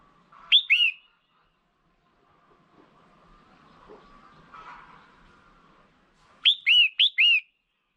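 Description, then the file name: Red-whiskered bulbul gives a two-note slurred call, then after a long quiet gap a run of four rapid bright notes. Female. "tieng chao mao mai"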